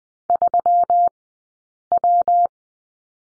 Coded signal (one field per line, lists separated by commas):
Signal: Morse code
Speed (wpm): 20 wpm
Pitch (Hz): 700 Hz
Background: none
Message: 3W